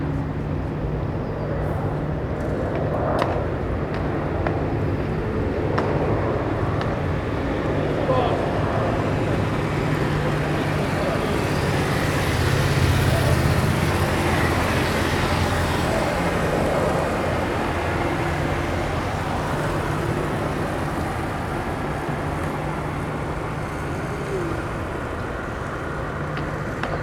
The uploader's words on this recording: Members of the military do early morning drill practice. The large parade ground at the front of the barracks is damp.